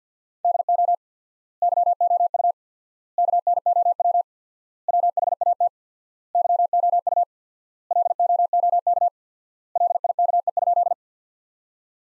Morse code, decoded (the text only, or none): DO YOU KNOW WHAT YOU LOOK LIKE?